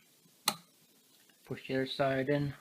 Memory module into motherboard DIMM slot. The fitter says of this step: easiest way to do it is push one side in until you hear a click